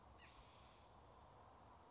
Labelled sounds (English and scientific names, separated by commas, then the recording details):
Spotted Towhee (Pipilo maculatus)
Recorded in Sonoma County, California